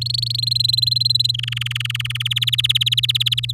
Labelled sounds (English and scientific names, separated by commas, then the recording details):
Domestic Canary (Serinus canaria) song
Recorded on 8 May 2018 at 07:08
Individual llb16